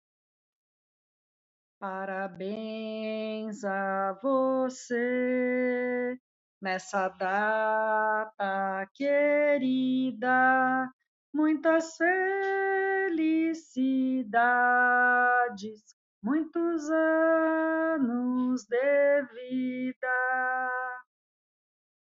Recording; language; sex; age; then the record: short text; Brazilian Portuguese; female; 50 to 59 years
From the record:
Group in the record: control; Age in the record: 51 years